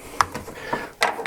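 A pointed tool pries open the plastic snap-fit housing of a Wyze Cam V2 security camera, its clips letting go under force with sharp clicks at 0.2 s and 1.0 s, among softer ticks. The housing pops open and is released.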